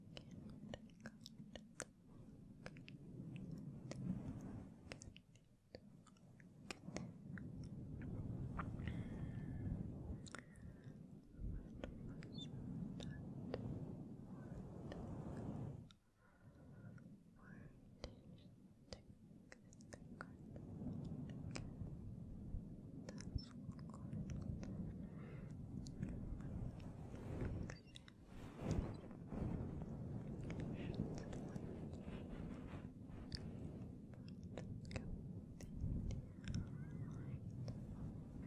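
Soft, muffled whispering with no clear words runs through the whole stretch, mostly low and breathy, while gentle touches on the mic add frequent crisp taps and rustles. Brief quiet dips fall near 5, 16 and 28 seconds.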